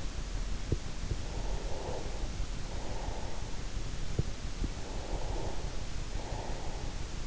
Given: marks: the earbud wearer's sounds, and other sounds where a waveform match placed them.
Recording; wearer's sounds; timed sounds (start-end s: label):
sounds in sleep by an in-ear microphone; breath
1.55-3.76 s: breath
4.80-7.27 s: breath